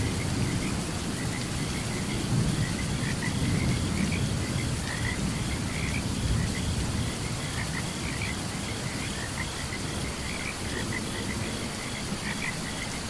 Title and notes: Frogs and Crickets Chirping During Thunderstorm. Sleep and Relaxation Podcast